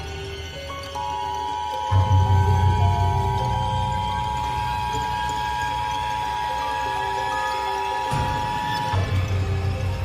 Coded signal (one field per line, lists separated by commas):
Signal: Emergency Alert System (SAME) tones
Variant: 853 and 960 Hz attention tone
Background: music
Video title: EAS Scenario #9 The Disaster of The United States